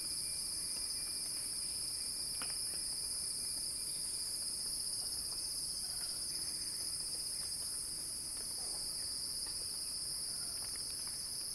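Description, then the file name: Cicada chorus of constant shrill buzzing, unbroken, with faint scattered ticks and a thin whistle in the background. Cicada chorus in a crescendo. "earth-fm Axel-Drioli Cicada-Crescendo-Sounding-Wild"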